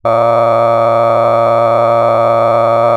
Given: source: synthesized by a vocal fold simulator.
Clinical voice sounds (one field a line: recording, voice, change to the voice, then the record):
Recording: sustained vowel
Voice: male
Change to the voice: cycle-to-cycle stiffness perturbation (roughness), level 9 of 10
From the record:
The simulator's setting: 5.63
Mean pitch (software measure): 115 Hz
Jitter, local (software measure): 2.81%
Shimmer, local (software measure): 10.3%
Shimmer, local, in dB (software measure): 0.80 dB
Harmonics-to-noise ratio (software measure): 10.7 dB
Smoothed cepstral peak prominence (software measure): 16.9 dB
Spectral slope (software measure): -16.9 dB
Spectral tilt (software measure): -12.1 dB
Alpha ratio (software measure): -7.4 dB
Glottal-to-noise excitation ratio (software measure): 0.992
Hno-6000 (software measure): 2.4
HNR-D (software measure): 20.0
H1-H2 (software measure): 5.1 dB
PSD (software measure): 2.0e-04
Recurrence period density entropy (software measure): 0.103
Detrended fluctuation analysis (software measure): 0.0565